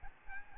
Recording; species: mosquito wingbeat signal from an infrared sensor; Aedes albopictus